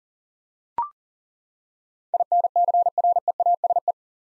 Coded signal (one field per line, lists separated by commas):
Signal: Morse code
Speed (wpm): 37 wpm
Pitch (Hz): 700 Hz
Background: none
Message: INCREASE